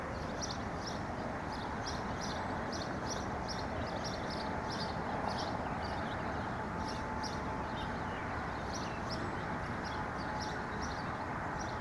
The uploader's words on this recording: Nature in the Neighborhood White Noise.